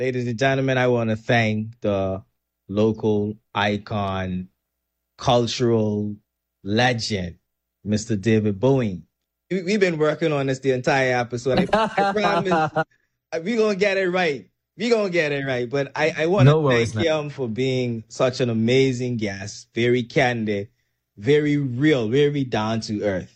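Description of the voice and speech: A man speaks in a clear, steady mid-low voice with natural phrasing and short pauses, thanking a guest and repeating one phrase once for emphasis. Voice quality and articulation are ordinary: typical adult speech in a small room.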